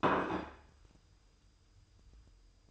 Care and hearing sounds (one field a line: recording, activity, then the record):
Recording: daily activity, microphone in the room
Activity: place plate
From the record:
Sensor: 2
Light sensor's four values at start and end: 19/65/25/24 and 19/65/25/24